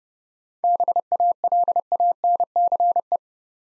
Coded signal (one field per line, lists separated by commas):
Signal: Morse code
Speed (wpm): 30 wpm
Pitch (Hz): 700 Hz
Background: none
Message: BALANCE